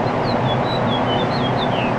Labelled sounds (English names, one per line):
House Finch song